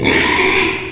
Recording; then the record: squeal of a Yucatan mini pig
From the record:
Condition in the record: after surgery on the right vocal fold (resection and tissue-engineered implant); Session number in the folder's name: 1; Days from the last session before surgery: 6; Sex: male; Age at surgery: 12 weeks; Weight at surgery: 13 kg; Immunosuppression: cyclosporine, prednisolone